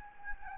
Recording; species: mosquito wingbeat signal from an infrared sensor; Anopheles gambiae